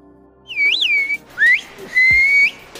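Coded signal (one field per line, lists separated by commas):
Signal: whistled language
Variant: Turkish kuş dili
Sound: three loud gliding whistles, rising and falling between about 2 and 4 kHz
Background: quiet outdoor background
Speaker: penduduknya justru menggunakan siulan untuk berkomunikasi layaknya sekumpulan burung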